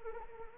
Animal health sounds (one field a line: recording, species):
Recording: mosquito wingbeat signal from an infrared sensor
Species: Anopheles arabiensis